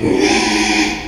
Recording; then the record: squeal of a Yucatan mini pig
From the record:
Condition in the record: after surgery on the right vocal fold (resection and tissue-engineered implant); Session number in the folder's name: 2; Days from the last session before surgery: 13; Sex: male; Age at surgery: 12 weeks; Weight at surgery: 13 kg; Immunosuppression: cyclosporine, prednisolone